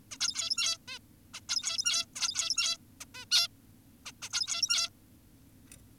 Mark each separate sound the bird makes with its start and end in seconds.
0.11-0.17, 0.21-0.78, 0.88-0.99, 1.34-1.41, 1.49-2.06, 2.16-2.77, 3.01-3.05, 3.15-3.25, 3.31-3.48, 4.06-4.12, 4.22-4.29, 4.33-4.90